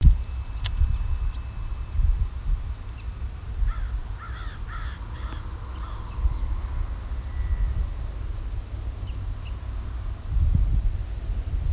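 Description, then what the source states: American crow caws: a short burst of a few harsh calls midway, over a steady low rumble. Three American crows calling, one flying by and two perched across a road, in an area where the species is uncommon.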